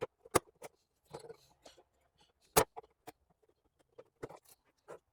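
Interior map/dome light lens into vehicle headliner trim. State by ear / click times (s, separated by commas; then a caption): seated / 0.4 s, 2.6 s. A plastic map/dome light lens on a Dodge Grand Caravan is pressed into the headliner trim one side at a time during an interior LED upgrade. Sharp clicks ring out at 0.4 s and 2.6 s among softer rustles and taps of handling. Both sides snap into place, and the lens is seated.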